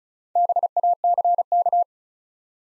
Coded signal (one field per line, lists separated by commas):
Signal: Morse code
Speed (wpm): 36 wpm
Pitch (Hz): 700 Hz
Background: none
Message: BACK